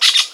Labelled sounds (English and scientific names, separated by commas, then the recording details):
Brown-throated Parakeet (Eupsittula pertinax) contact call
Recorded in Venezuela
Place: Guárico; Corozopando; Fundo La Fe
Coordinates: 8.506, -67.593